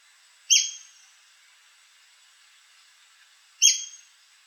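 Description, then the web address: White-crested spadebill calls: two sharp, high, squeaky notes that drop slightly in pitch, about three seconds apart, over a quiet background with a faint steady high hiss. "White crested spadebill. دانلود-صدای-پرنده-بیلچه-نوک-کاکل-سفید"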